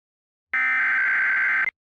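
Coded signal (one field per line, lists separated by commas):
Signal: Emergency Alert System (SAME) tones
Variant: header bursts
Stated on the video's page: Fictional EAS scenario about a tornadic phenomenon, not a real alert.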